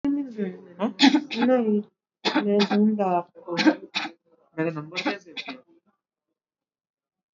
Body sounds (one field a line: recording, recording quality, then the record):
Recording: shallow voluntary cough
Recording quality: moderate, slight background noise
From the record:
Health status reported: exposed to COVID-19, no respiratory illness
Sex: female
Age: 57 years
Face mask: not worn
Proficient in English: yes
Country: India